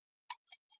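A stubborn plastic build-a-figure piece from a McFarlane DC Multiverse Justice League Task Force set is pushed onto an action figure joint, part of assembling the Darkseid build-a-figure. Three sharp, bright plastic clicks are heard at about 0.3, 0.5 and 0.7 seconds. The piece seats firmly with the first click at 0.3 seconds.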